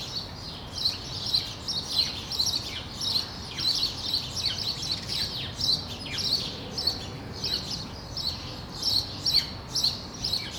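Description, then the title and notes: Sparrows chirping steadily, short bright cheeps about twice a second, over a constant low urban rumble. Sparrows on Rue de l'épargne, Brussels, Belgium, on World Sparrow Day; Lom mikroUši microphones into Deity PR-2 recorder. "Rue de l'épargne, Bruxelles, Bruxelles-Capitale, Belgique - World Sparrow Day. Sparrows - moineaux"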